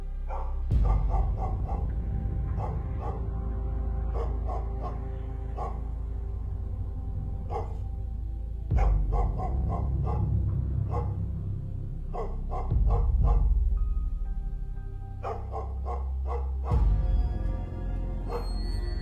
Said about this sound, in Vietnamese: Đầu đây những tiếng chó sủa nhát gừng hướng thẳng về chỗ đại viện.